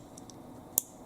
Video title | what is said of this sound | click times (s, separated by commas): Schlage DeadBolt and Door Knob Locks REKEYING | it goes locked in place it | 0.8 s